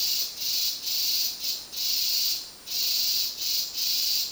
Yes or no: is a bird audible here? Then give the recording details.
no. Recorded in dense forest near Puerto Asís, Putumayo, Colombia, on 21 February 2024 at 13:30. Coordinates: 0.466, -76.327. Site G6413